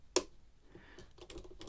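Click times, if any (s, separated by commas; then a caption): 0.2 s. A picked Squire 440 lever padlock is relocked without a key by balancing the levers and closing it, and its shackle latches back into the lock body with one sharp, loud click at 0.2 s. A few much fainter, small clicks and rattles follow from about 1.2 s to the end. The padlock is locked.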